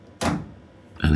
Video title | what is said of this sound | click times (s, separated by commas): How to fit a Condenser Dryer Heating Element Without Removing Top & Front Covers | a good snap through there that's it fitted there so the retainer the cable | 1.0 s